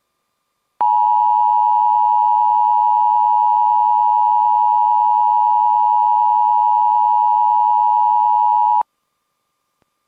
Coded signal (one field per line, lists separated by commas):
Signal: Emergency Alert System (SAME) tones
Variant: 853 and 960 Hz attention tone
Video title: Immediate Evacuation Alert and Fire Warning for Butte County, CA from WDFA and WJON (EAS# 201-204)